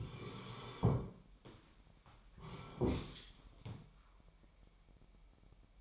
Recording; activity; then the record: daily activity, microphone in the room; sit down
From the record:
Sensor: 1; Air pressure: 998.6 hPa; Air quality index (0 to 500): 117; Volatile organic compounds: 3 ppm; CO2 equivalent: 1401 ppm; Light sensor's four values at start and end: 7/17/7/8 and 8/18/7/9